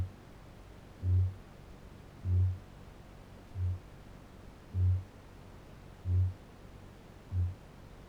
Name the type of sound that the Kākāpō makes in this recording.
boom